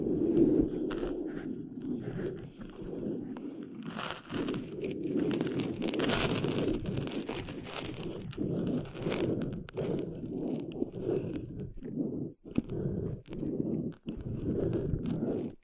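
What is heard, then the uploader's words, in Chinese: Sand on a beach rustles and crunches in a dense, continuous grainy layer, broken by frequent sharp crackling ticks. Brighter hissing swells come through around four to seven seconds and near nine, and brief pauses appear near the end. 沙沙沙…沙滩的沙沙声。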